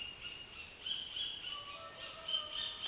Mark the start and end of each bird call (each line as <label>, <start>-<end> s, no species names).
bird call, 0.00-2.88 s